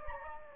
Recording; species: mosquito wingbeat signal from an infrared sensor; Anopheles gambiae